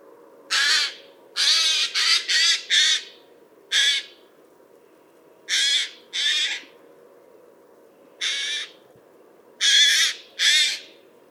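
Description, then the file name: Eurasian jay giving loud, harsh rasping screeches, about eleven spread irregularly throughout, some in pairs or a quick run of four, over a low steady background hum. "Garrulus glandarius"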